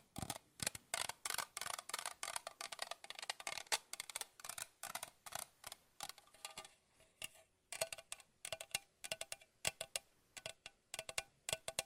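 Fast tapping with no talking: quick, crisp taps in dense bursts, often several per second, with brief pauses around the four, seven and nine second marks. Each tap is short and bright, clicking like a ticking clock, over a quiet background.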